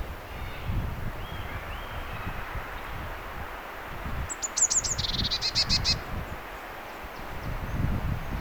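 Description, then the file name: Eurasian blue tit call: short high thin notes followed by a fast string of repeated notes lasting about a second, over a continuous low background rumble. "Cyanistes caeruleus"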